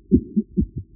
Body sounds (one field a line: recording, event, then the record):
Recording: neck accelerometer signal played as sound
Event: voluntary cough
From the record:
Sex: male